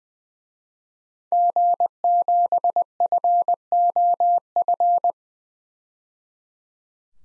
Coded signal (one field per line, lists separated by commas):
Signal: Morse code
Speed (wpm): 21 wpm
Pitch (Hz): 700 Hz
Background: none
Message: G7FOF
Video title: DXCC-100 Call Signs - 5 Character 20wpm